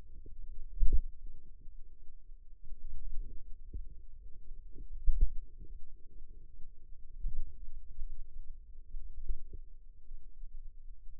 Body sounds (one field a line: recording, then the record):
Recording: forearm muscle sounds (acoustic myography)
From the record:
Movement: finger pinch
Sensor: system 2, bracelet of six BSWA MPA416 microphones around the upper forearm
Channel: 5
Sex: female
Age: 22 years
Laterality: right